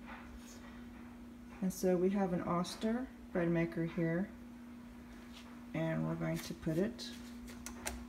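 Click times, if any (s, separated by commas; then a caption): 7.7 s, 7.9 s. Someone talks while a metal baking basket is lowered into a bread machine. The basket snaps into place with two short, sharp clicks at 7.7 and 7.9 seconds, and it is seated.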